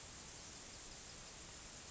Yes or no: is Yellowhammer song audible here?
no